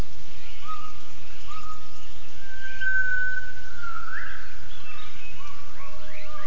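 Gibbon giving drawn-out whistled notes, mostly level, then a sharply rising hoot after about four seconds, with fainter whistles around it.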